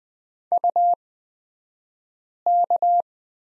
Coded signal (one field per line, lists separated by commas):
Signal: Morse code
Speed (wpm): 20 wpm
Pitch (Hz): 700 Hz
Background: none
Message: UK